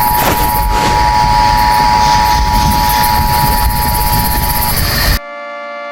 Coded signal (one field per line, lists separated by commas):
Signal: Emergency Alert System (SAME) tones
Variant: 853 and 960 Hz attention tone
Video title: War of the worlds in Oklahoma 2005￼ eas scenario ￼Halloween special